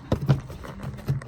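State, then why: Seated. A vehicle wiring connector is plugged back into its mating socket while a Mangoaltech dash cam is being reinstalled. Two close, strong clicks at 0.1 s and 0.3 s mark the connector seating, followed by a few fainter taps and handling noises. The connector is seated.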